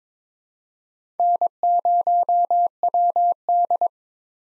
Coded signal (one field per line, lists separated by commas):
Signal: Morse code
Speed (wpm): 22 wpm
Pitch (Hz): 700 Hz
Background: none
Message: N0WD